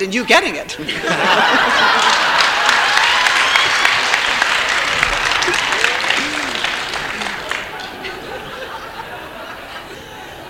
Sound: laughter and applause